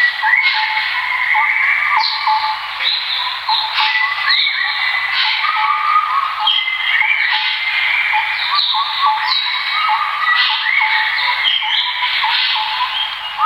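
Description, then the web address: Birds chorusing with many overlapping whistled notes and chirps, steady and continuous, some notes slurring down or up in quick succession. "birds asiatori"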